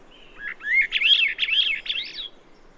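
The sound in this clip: Bird song: one continuous phrase of fast, looping warbled notes that rise and fall repeatedly over about two seconds.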